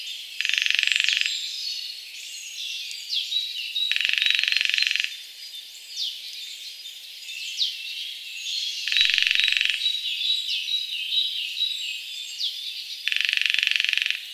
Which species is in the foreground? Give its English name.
Lesser Spotted Woodpecker